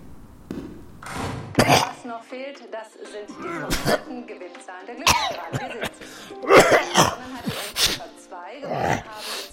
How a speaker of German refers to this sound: Da kannst du husten, wie du willst. Die Lunge hat immer schon eine neue Überraschung parat.